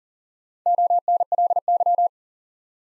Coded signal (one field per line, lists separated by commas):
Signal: Morse code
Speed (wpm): 37 wpm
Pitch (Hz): 700 Hz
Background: none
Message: ONLY